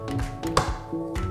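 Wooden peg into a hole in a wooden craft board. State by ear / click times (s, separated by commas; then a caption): seated / 0.6 s. A wooden peg is pressed gently into a pre-drilled hole in a wooden craft board from a children's woodworking kit, over steady background music. A short, sharp click sounds at 0.6 s as the peg seats in the hole.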